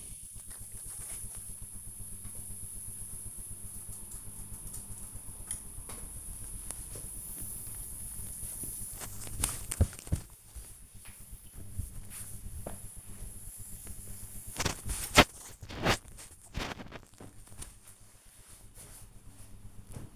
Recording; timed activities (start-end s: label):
household activities, microphone on the right wrist
0.00-1.57 s: ironing laundry
5.58-19.63 s: folding laundry